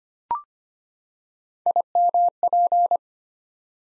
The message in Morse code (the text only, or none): IMP